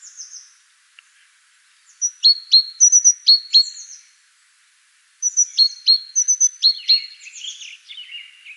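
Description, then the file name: Great tit calling in two bursts of sharp, high chirps, each a quick repeated series of clipped notes with thin whistled tones, separated by a pause of about a second. "Parus major"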